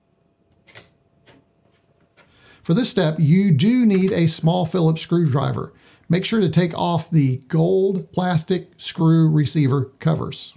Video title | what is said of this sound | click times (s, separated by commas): Is the Clockwork Pi DevTerm A06 the Next Cool Cyberdeck? | you slide it in at an angle and then slowly lower it until clicks under the holders | 0.8 s